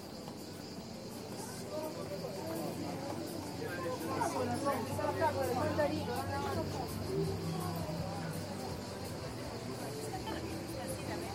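Street sound in Taormina, Sicily, Italy: several voices talk over one another in a steady murmur, with one or two speakers briefly clearer around the middle. A low, constant rumble of traffic runs underneath throughout, and a faint high whine persists above it all.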